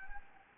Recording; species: mosquito wingbeat signal from an infrared sensor; Anopheles gambiae